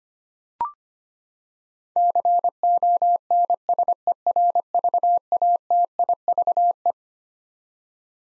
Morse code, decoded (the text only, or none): CONSERVATIVE